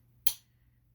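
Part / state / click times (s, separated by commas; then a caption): knife sheath belt hook onto a belt / seated / 0.3 s. A KA-BAR TDI knife sheath's belt hook is slid over a belt and snaps on with a single sharp, bright click at 0.3 s. The sheath is seated on the belt.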